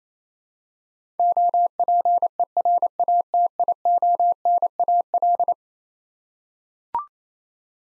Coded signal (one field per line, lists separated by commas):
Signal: Morse code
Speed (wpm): 28 wpm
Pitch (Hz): 700 Hz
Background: none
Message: OPERATIONAL